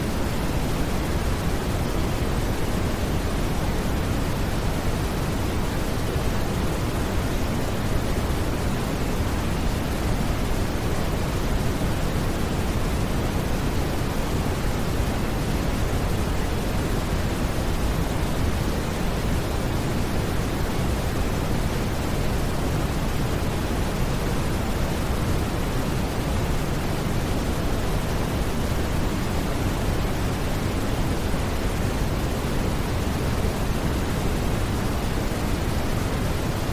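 Steady white-style noise fills the whole clip, a dense, even hiss with no events or changes in level. It leans toward the low end, a soft rushing rumble more than a bright hiss, and stays perfectly constant from start to finish.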